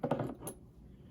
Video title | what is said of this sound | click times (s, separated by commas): Tamiya 1/35 M3 Stuart Light Tank | Then the actual cover for the bogey, it snaps into place there. | 0.0 s